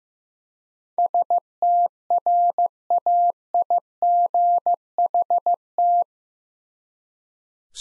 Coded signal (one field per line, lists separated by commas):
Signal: Morse code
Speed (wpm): 16 wpm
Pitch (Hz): 700 Hz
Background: none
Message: STRAIGHT